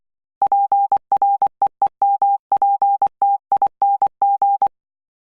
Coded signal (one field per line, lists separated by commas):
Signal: Morse code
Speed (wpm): 22 wpm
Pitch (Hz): 800 Hz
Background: none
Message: PREEMPTING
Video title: Morse Code Practice 4 - 'V' 'L' 'F' 'P' 'J'